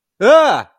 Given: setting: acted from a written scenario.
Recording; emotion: vocal sound without words; negative surprise